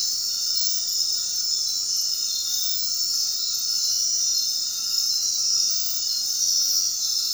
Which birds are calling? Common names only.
none